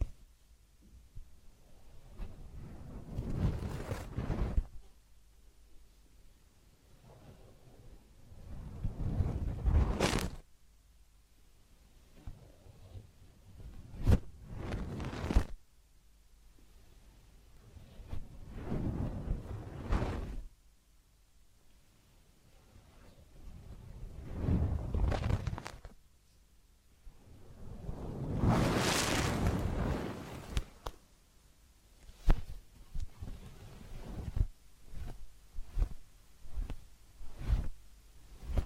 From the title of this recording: Massage, Ear Cleaning and Spa